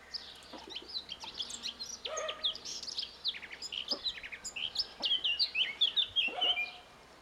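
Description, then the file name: Eurasian blackcap song: quick chattering and scratchy notes building into a bright, rhythmic run of high warbled whistles. "Sylvia atricapilla"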